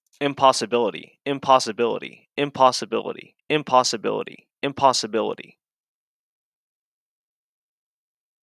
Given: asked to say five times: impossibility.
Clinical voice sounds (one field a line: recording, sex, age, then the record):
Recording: repeated word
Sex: male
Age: 30 to 39 years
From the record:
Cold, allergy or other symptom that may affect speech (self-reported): no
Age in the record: 31 years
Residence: Ohio, United States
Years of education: 16